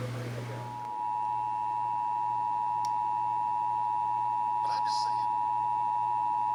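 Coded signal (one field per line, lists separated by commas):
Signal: Emergency Alert System (SAME) tones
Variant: 853 and 960 Hz attention tone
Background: speech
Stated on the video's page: Texas required monthly EAS test, heard on broadcast radio and TV stations.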